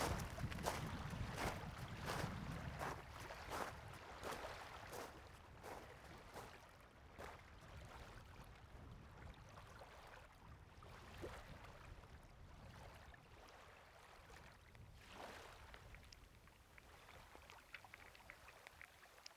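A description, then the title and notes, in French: Water rushes and splashes in a steady churning wash, with frequent sharp bright bursts like spray or breaking waves, densest in the first few seconds. A low rumble underlies the opening, then the sound thins and softens gradually toward the end. Presque rien > Islande.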